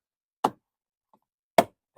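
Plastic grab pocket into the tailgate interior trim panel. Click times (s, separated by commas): 0.5 s, 1.6 s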